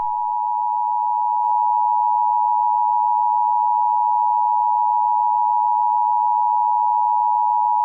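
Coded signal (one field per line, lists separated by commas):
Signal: Emergency Alert System (SAME) tones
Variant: 853 and 960 Hz attention tone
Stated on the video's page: Mock reenactment of a Kansas fire warning EAS alert relayed by the National Weather Service.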